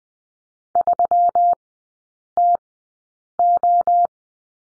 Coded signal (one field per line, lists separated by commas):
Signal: Morse code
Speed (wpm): 20 wpm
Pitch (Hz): 700 Hz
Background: none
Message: 3TO